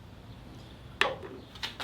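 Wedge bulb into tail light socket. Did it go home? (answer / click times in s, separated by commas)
yes / 1.0 s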